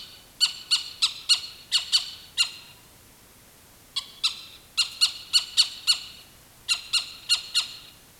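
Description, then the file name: Animal alarm calls: rapid series of harsh, clipped notes in bursts, with a quiet gap midway. "SLA alarm"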